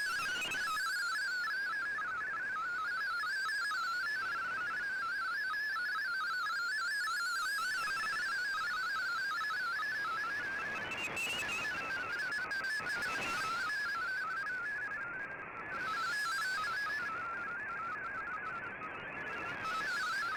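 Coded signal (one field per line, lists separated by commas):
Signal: multi-tone FSK (Olivia or MFSK type)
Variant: MFSK32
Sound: rapid warbling tone stepping up and down in pitch, continuous melodic burbling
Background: radio static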